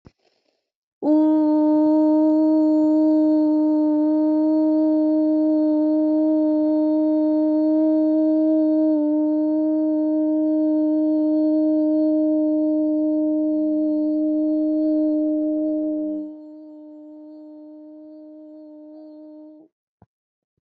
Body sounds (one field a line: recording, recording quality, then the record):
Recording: sustained vowel as in boot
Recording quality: excellent, no background noise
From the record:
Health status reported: healthy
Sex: female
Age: 24 years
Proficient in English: yes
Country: United States